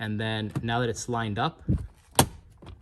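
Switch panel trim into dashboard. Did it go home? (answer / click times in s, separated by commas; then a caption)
yes / 2.2 s. Someone talks as a lined-up plastic OE switch panel, with the Auxbeam BA80 8-gang cable tucked out of the way, is pushed firmly into the dash of a 5th Gen Toyota 4Runner. A loud, sharp pop at 2.2 s marks the panel seating into place, followed by a faint tick.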